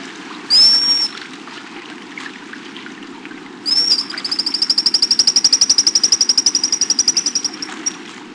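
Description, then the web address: Pigeon guillemot giving thin, high whistles: a single rising whistle, then a longer whistle breaking into a rapid, even trill. "Peterson North American Birds. pigu"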